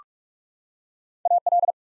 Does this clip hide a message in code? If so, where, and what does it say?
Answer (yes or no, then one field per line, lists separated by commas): yes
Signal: Morse code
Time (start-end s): 1.3-1.7 s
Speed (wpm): 44 wpm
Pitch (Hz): 700 Hz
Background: none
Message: AL